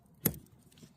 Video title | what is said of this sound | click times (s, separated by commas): How to replace the drain pump on a Beko DFN28R21W dishwasher | yeah, hear it click. | 0.3 s